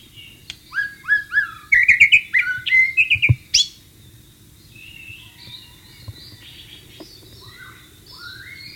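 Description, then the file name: White-rumped shama song, a quick series of loud whistles and chatters, then softer whistled phrases. Wild bird recorded in natural habitat. "suara burung murai batu di alam liar"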